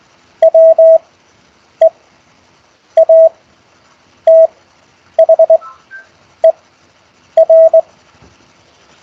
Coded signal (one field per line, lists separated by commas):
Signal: Morse code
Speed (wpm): 20 wpm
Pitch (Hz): 650 Hz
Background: none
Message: WEATHER